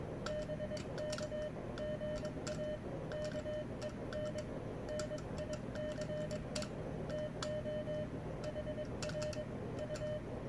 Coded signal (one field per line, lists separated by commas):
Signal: Morse code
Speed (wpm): 22 wpm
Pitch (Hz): 610 Hz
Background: none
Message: BK GA KEN NICE TO HR U